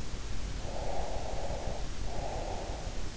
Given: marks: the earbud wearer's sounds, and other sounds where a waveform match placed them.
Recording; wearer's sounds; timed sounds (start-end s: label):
sounds in sleep by an in-ear microphone; breath
0.61-3.10 s: breath